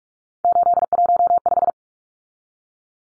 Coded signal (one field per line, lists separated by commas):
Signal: Morse code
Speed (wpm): 44 wpm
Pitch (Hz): 700 Hz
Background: none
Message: 815